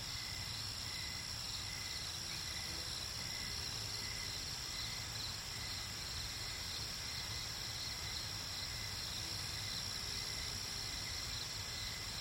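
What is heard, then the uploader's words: A night swamp ambience with a steady, dense wash of insect trilling high up, plus a faint repeating chirp band in the middle. Underneath sits a constant low rumble. Level stays even throughout with no standout events. Night Ambient Sounds, SwampSounds at Night.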